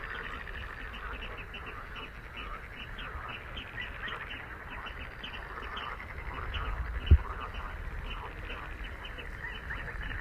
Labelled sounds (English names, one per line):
Little Crake call